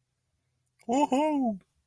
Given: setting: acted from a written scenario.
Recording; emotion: vocal sound without words; pride